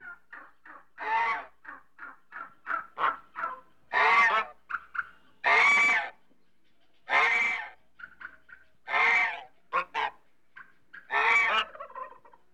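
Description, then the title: African goose calls: loud, drawn-out nasal honks every second or two, with short softer notes between them. "BirdAfricanGoose"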